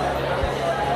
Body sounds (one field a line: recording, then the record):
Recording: background sound without coughing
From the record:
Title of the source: CITY SOUNDS Busy Bar in the Evening Night - 2 HOURS of Ambiance for Relaxation